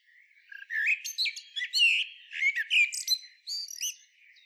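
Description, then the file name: Common blackbird twitter of high, scratchy and squeaky notes tumbling together for about three seconds before trailing off. "Turdus merula"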